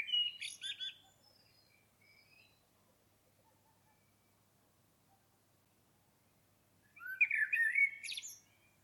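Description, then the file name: Common blackbird song: the tail of one phrase with high scratchy notes, a long pause, then a fresh rich fluty warble ending in twitters. "Turdus merula"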